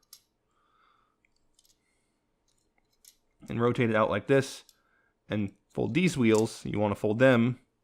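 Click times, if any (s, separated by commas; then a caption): none. Plastic wheels on the foot of a transforming robot toy are handled and folded, with a few faint clicks and small taps early on before someone talks. Nothing has seated or clicked into place yet.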